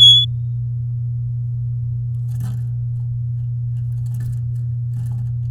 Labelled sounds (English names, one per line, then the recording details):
Domestic Canary song
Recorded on 7 May 2018 at 11:15
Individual llb16